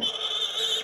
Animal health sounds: pig call; piglet (1 to 25 days)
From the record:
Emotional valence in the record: negative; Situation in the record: fighting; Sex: male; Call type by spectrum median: high-frequency call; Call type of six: mixed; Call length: 0.84 s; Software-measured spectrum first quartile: 2629 Hz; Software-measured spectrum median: 3251 Hz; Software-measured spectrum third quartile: 3669 Hz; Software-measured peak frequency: 3497 Hz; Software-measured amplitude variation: 158 dB a second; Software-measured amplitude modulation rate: 21.9 a second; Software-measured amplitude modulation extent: 7.2 dB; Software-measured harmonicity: 7.4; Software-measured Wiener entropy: -2.24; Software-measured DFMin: 883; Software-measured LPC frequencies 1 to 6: 547, 1370, 2152, 3082, 3509, 6285 Hz

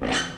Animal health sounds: pig call; growing-finishing pig (85 days or more)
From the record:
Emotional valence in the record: negative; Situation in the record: barren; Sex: female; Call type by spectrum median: high-frequency call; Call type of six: mixed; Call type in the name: high-frequency stable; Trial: 1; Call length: 0.38 s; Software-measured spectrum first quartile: 506 Hz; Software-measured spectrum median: 1509 Hz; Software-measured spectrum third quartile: 2962 Hz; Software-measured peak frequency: 3057 Hz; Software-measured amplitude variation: 102 dB a second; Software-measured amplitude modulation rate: 19.6 a second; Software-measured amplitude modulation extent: 5.2 dB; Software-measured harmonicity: 0.1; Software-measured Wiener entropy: -1.32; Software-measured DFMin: 716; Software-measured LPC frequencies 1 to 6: 550, 1763, 3035, 4248, 6212, 7311 Hz

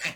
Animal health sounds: pig call; piglet (1 to 25 days)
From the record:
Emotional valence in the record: negative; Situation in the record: restrain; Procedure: sham castration, fixation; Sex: male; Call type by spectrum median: high-frequency call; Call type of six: low-frequency tonal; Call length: 0.16 s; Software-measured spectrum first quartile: 1789 Hz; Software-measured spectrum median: 2520 Hz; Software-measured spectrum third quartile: 3388 Hz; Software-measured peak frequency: 2634 Hz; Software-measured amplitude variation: 160 dB a second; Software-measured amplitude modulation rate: 3.1 a second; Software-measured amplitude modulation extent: 51.8 dB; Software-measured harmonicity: 1.4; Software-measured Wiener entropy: -1.14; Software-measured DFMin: 577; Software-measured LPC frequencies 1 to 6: 733, 1889, 2595, 3680, 4540, 5994 Hz

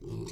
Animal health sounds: pig call; weaner (32 to 43 days)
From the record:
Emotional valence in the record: negative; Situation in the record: novel object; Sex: female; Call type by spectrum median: low-frequency call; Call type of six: mixed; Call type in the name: high-frequency modulated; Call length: 0.31 s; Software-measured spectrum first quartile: 147 Hz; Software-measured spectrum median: 350 Hz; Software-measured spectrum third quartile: 1237 Hz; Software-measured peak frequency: 363 Hz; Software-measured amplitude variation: 118 dB a second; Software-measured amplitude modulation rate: 25.8 a second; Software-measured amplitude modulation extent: 4.6 dB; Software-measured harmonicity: 1.2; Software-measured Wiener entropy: -2.30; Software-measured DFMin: 970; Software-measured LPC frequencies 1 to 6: 328, 959, 2260, 3802, 4350, 5707 Hz

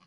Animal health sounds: pig call; piglet (1 to 25 days)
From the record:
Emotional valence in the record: positive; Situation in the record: reunion after long isolation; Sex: female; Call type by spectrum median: low-frequency call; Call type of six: low-frequency tonal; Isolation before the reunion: 8 minutes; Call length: 0.07 s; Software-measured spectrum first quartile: 619 Hz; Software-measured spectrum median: 1275 Hz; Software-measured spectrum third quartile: 3472 Hz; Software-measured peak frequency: 171 Hz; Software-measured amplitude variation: 75 dB a second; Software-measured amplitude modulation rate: 7.2 a second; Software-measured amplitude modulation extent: 10.4 dB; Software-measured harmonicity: 2.6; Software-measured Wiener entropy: -1.27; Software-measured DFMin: 745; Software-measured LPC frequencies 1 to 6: 1132, 2397, 2977, 4241, 4834, 5652 Hz

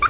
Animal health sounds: pig call; piglet (1 to 25 days)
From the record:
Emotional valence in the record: positive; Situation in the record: after nursing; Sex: male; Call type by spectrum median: low-frequency call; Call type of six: high-frequency stable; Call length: 0.10 s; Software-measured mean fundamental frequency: 234 Hz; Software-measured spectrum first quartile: 1202 Hz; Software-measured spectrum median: 1415 Hz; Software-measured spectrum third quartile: 2530 Hz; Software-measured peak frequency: 1189 Hz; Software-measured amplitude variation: 172 dB a second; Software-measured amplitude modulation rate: 14.8 a second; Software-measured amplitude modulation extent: 11.6 dB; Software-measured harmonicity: 10.1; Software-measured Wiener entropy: -2.40

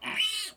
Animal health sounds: pig call; piglet (1 to 25 days)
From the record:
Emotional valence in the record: negative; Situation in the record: castration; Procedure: castration, fixation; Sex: male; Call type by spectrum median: high-frequency call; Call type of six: mixed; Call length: 0.57 s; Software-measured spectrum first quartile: 2716 Hz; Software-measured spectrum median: 3108 Hz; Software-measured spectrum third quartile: 5814 Hz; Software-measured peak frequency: 3023 Hz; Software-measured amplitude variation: 136 dB a second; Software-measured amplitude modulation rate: 13.2 a second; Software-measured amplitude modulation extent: 10.4 dB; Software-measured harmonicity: 4.8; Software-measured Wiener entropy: -2.56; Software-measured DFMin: 886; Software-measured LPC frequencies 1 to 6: 992, 2424, 3000, 4058, 4706, 7018 Hz

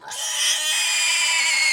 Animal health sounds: pig call; weaner (32 to 43 days)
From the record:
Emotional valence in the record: negative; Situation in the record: restrain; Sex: male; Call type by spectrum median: high-frequency call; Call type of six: high-frequency stable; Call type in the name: high-frequency stable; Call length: 1.73 s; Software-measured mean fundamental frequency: 337 Hz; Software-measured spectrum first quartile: 2520 Hz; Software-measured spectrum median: 4068 Hz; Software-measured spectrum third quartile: 6590 Hz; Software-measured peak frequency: 2169 Hz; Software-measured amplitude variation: 62 dB a second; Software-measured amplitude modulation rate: 28.9 a second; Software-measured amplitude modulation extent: 2.2 dB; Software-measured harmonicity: 2.9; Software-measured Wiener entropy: -1.95

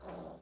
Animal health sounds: pig call; piglet (1 to 25 days)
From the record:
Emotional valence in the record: negative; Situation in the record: castration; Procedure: castration, fixation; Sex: male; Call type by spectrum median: low-frequency call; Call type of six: low-frequency stable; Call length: 0.42 s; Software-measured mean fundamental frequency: 59 Hz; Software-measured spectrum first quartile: 388 Hz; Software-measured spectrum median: 656 Hz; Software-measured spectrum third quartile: 1525 Hz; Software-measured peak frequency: 572 Hz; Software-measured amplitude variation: 110 dB a second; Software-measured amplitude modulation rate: 15.5 a second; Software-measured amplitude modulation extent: 7.1 dB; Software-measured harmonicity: 1.4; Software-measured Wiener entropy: -0.84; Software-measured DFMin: 1135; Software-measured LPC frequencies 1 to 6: 603, 3968, 5392, 6718, 7605, 10082 Hz

